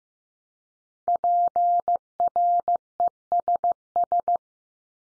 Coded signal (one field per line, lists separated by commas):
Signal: Morse code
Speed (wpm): 15 wpm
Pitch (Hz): 700 Hz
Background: none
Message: PRESS